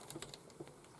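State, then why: Not seated. Small metal retaining clips are handled while being refitted into the wheel and axle assembly of a 2017 Tamiya Bigwig RC truck. Light, dry clicking and tapping ticks come in quick bursts over a low background. Nothing has seated or clicked home yet.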